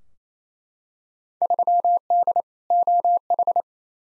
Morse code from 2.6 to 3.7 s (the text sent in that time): OH